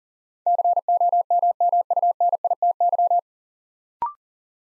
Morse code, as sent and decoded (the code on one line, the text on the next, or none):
-.-. --- -- -- ..- -. .. - -.--
COMMUNITY